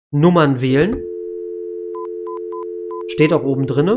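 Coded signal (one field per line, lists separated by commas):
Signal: telephone call progress tone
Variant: North America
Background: speech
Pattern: dial tone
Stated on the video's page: Telephone tone in the SimRail railway simulator, from a signal-box session.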